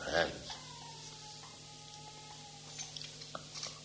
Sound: child crying outside

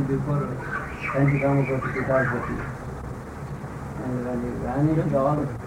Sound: indistinct discussion between Indian guests

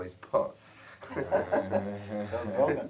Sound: laughter

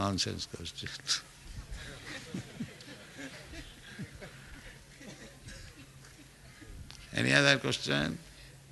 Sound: chuckles

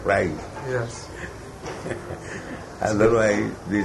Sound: laughs

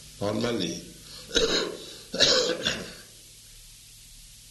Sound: coughing

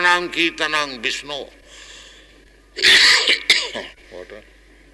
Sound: coughs

